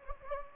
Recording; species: mosquito wingbeat signal from an infrared sensor; Anopheles gambiae